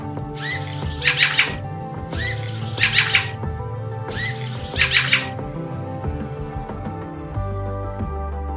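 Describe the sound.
Fieldfare calls: three harsh chattering bursts, each opened by a thin squeaky note, about two seconds apart, set against loud background music.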